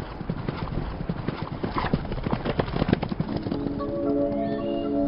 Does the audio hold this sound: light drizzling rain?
no